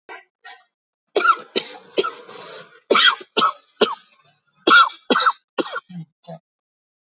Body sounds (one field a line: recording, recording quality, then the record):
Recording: shallow voluntary cough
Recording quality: moderate, slight background noise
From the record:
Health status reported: healthy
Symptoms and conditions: none ticked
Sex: male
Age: 64 years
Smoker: not ticked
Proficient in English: yes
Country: India